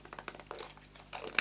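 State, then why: Not seated. One half of a decorative bauble holding a battery tea-light is pressed against the other half. Soft crinkling and rustling handling noises repeat, ending with a brief sharp tick at 1.4 s. Nothing has snapped closed or seated yet.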